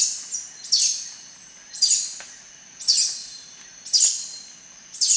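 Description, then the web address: Ochre-breasted tanager calls, a high, sharp downslurred note repeated steadily about once every second. Ecuador. "Natures Songs S America Birds of Ecuador Ochre-breasted Tanager"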